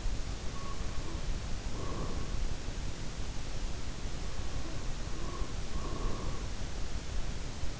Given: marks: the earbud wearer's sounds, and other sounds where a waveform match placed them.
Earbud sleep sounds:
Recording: sounds in sleep by an in-ear microphone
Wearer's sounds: breath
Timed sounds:
1.58-2.34 s: breath
4.88-6.69 s: breath

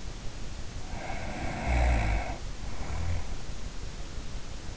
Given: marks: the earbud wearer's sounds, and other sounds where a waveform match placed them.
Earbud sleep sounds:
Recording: sounds in sleep by an in-ear microphone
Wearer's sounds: snoring breath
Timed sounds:
0.74-3.53 s: snoring breath

